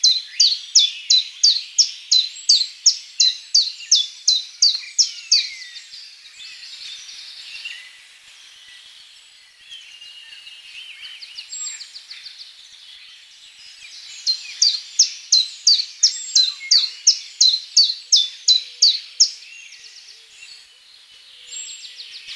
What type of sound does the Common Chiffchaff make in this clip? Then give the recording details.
song. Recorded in the wild. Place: Lilienhof / Kaiserstuhl, Baden-Württemberg, DE. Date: 2003-03-29. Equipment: MiniDisc Sharp MT 20 H, Sennheiser MKH 816. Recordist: Schwarz, Dieter. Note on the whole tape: Song